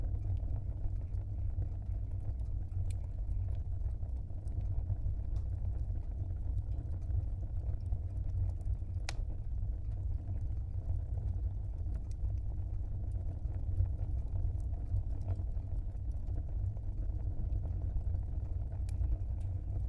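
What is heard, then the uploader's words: A log fire burns with a steady, deep rumble that stays even for the whole stretch. Sharp crackles and pops break through now and then, a few seconds apart, with a bright snap near the middle. The fire sounds continuous. Log Fire, Wales. Field recording made of a crackling log fire fire on New Year's Day while staying in a cabin at Kingstone Brewery in Monmouthshire. Gear: Sony PCM-M10. The sound of the burning fire had a pleasing low-register rumble.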